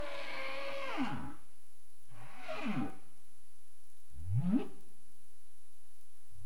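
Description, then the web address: Humpback whale giving three low moaning calls, each sweeping in pitch, a few seconds apart over steady underwater hiss. Recorded 2035-04-27, 21:53 UTC. "CARIMAM. humpback whale 20350427 215331 UTC"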